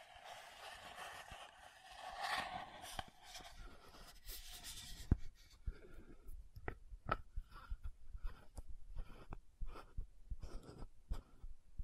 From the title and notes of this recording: ASMR 10 Lid Sounds & Bottle Tapping, Scratching for Sleep 1Hr (No Talking).